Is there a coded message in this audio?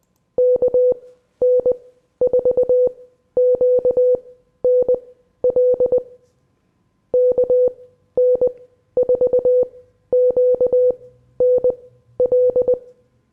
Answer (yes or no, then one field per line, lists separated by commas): yes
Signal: Morse code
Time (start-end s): 0.4-12.7 s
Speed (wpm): 20 wpm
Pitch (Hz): 500 Hz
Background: none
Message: KN4QNL KN4QNL